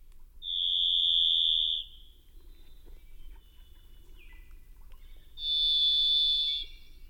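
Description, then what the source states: Thrush song: a long, steady, pure whistled note, then a quiet pause with faint lower notes, followed by a second sustained whistle at a slightly different pitch. Thrush song contrasted with the Pacific wren's; each species sings in its own bandwidth and niche, its sounds co-evolved over millennia.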